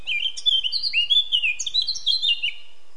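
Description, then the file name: Eurasian blackcap song: a rapid, rich warble of varied whistled notes, rising and falling, run together in otherwise quiet surroundings. "Sylvia atricapilla"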